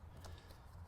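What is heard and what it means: On an S&B fuel sending unit installed in a 2017-25 Ford Crew Cab Long Bed / 2017-26 Short Bed truck, the blue half-inch engine-return fuel line is pushed onto the unit's vertical rear fitting and the plastic quick-connect locking piece is clicked in. A short, sharp click sounds at 0.3 s over a steady low hum. The locking clip seats and the line is secured.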